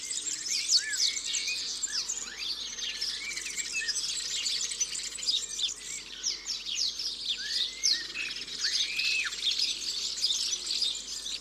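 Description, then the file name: European serin singing a rapid, sizzling, high jangle without pause, with lower looping whistled notes breaking in now and then. "Serin cini ABC des chants doiseaux"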